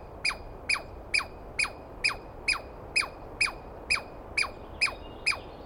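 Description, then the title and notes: Douglas squirrel giving loud, harsh descending chirps, about two per second in a steady series. Douglas pine squirrel screaming at length after waking the recordist, during a dawn recording in the East Cascades on the morning of 21 April 2017; identified by sound, not clearly seen. "On the morning of 21 April, 2017, I set up my microphones and recorder for a nice dawn recording in the East Cascades. I was started awake by a screaming Douglas Pine Squirrel."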